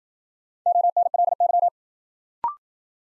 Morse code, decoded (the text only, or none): ONLY